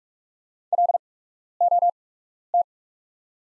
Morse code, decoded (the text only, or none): LOT